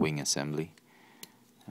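Someone talks as the plastic feet of a Transformers Prime Cyberverse Dreadwing toy figure are tabbed onto its wing assembly during transformation. A sharp tick at 1.2 s marks the feet seating onto the wing assembly.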